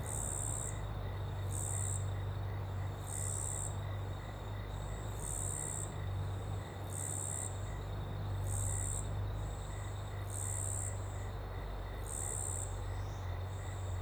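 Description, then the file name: Cricket chirping in high buzzy bursts every one to two seconds over a steady low rumble. Ambience in a small open woodland with a river in the background; cricket very prominent on the left channel. "Ambiente em Pequena Mata Aberta e Rio ao Fundo com Grilo bem Presente na Esquerda"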